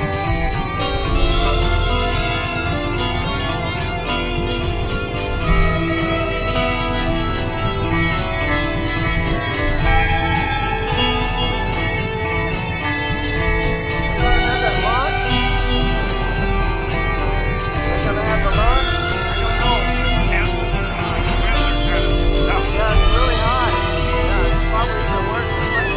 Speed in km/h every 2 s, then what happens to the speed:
6, 11, 5, 5, 11, 6, 3, 0, 0, 0, 0, 0, 0.
0-5 steady at about 6. 5-9 speeds up to 11. 9-13 slows to 0. 13-26 standing.